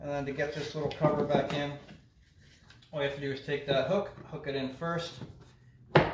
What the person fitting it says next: and it just snaps right in that's it so once all that is in again run over everything